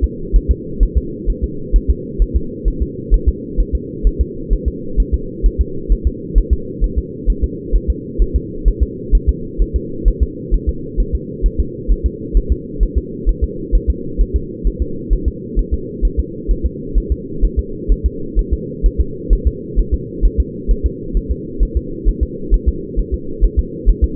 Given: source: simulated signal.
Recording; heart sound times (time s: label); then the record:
fetal heart sounds
0.04 s: S2
0.36 s: S1
0.51 s: S2
0.83 s: S1
0.97 s: S2
1.30 s: S1
1.44 s: S2
1.76 s: S1
1.90 s: S2
2.22 s: S1
2.37 s: S2
2.68 s: S1
2.82 s: S2
3.14 s: S1
3.28 s: S2
3.60 s: S1
3.75 s: S2
4.07 s: S1
4.21 s: S2
4.53 s: S1
4.68 s: S2
5.00 s: S1
5.14 s: S2
5.46 s: S1
5.61 s: S2
5.92 s: S1
6.07 s: S2
6.38 s: S1
6.53 s: S2
6.84 s: S1
6.99 s: S2
7.30 s: S1
7.44 s: S2
7.76 s: S1
7.90 s: S2
8.22 s: S1
8.36 s: S2
8.68 s: S1
8.83 s: S2
9.15 s: S1
9.29 s: S2
9.62 s: S1
9.76 s: S2
10.08 s: S1
10.23 s: S2
10.54 s: S1
10.69 s: S2
11.00 s: S1
11.15 s: S2
11.46 s: S1
11.60 s: S2
11.91 s: S1
12.06 s: S2
12.37 s: S1
12.52 s: S2
12.83 s: S1
12.98 s: S2
13.29 s: S1
13.44 s: S2
13.75 s: S1
13.90 s: S2
14.21 s: S1
14.36 s: S2
14.67 s: S1
14.82 s: S2
15.13 s: S1
15.28 s: S2
15.59 s: S1
15.74 s: S2
16.05 s: S1
16.20 s: S2
16.51 s: S1
16.66 s: S2
16.98 s: S1
17.12 s: S2
17.44 s: S1
17.59 s: S2
17.92 s: S1
18.06 s: S2
18.39 s: S1
18.53 s: S2
18.86 s: S1
19.01 s: S2
19.33 s: S1
19.47 s: S2
19.79 s: S1
19.94 s: S2
20.25 s: S1
20.40 s: S2
20.71 s: S1
20.86 s: S2
21.17 s: S1
21.31 s: S2
21.63 s: S1
21.77 s: S2
22.09 s: S1
22.23 s: S2
22.54 s: S1
22.69 s: S2
22.99 s: S1
23.14 s: S2
23.44 s: S1
23.59 s: S2
23.89 s: S1
24.04 s: S2
From the record:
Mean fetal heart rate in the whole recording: 130 bpm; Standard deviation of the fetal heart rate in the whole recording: 2 bpm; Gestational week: 36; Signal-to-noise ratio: -4.3 dB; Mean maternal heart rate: 72 bpm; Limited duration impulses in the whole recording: absent